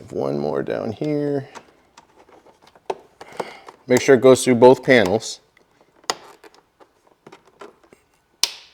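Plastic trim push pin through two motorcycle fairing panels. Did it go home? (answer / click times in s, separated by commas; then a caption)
yes / 8.4 s. Someone talks while a plastic trim push pin is pushed through two overlapping motorcycle fairing panels during a Strike windshield trim installation on a Honda Gold Wing, with light clicks and handling noises in between. At 8.4 s the pin snaps through both panels with one loud, sharp snap and is seated.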